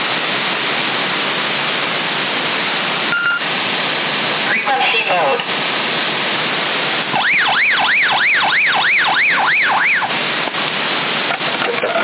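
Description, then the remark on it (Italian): A police siren in Sassari, January 2021, wails through a steady roar of background noise, its pitch sweeping rapidly up and down about eight times over a few seconds before cutting off. “Abbiamo anche la polizia, hai visto?”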